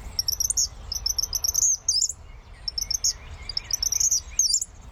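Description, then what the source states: Chipmunk chip trill: bursts of rapid, very high-pitched chips run into short trills, repeated over several seconds against a low rumbling background. Chip trill call given when one chipmunk tells another to back off; can sound a bit like a kingbird.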